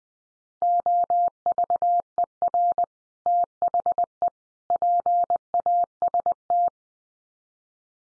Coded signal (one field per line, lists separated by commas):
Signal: Morse code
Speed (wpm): 20 wpm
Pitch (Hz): 700 Hz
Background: none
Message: OVER THE PAST